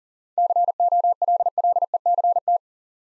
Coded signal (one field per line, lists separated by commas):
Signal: Morse code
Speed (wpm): 38 wpm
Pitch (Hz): 700 Hz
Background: none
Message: COLLECT